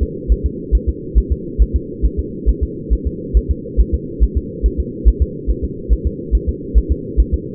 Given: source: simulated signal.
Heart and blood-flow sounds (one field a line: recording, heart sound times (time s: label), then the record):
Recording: fetal heart sounds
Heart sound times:
0.03 s: S2
0.32 s: S1
0.46 s: S2
0.75 s: S1
0.89 s: S2
1.18 s: S1
1.32 s: S2
1.62 s: S1
1.76 s: S2
2.05 s: S1
2.20 s: S2
2.49 s: S1
2.63 s: S2
2.93 s: S1
3.07 s: S2
3.37 s: S1
3.51 s: S2
3.80 s: S1
3.95 s: S2
4.23 s: S1
4.38 s: S2
4.66 s: S1
4.80 s: S2
5.08 s: S1
5.22 s: S2
5.51 s: S1
5.65 s: S2
5.93 s: S1
6.07 s: S2
6.35 s: S1
6.49 s: S2
6.78 s: S1
6.92 s: S2
7.20 s: S1
7.34 s: S2
From the record:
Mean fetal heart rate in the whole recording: 140 bpm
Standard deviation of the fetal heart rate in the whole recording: 2 bpm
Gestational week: 34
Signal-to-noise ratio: -4.1 dB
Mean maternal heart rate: no maternal heart sound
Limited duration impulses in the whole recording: absent